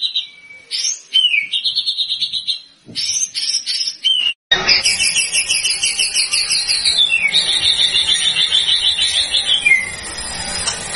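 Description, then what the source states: White-rumped shama song: sweet whistles and sliding notes, then long, rapid, chattering trills. Lure sound of a white-rumped shama in full, active song (gacor), used to provoke an immediate response from other birds.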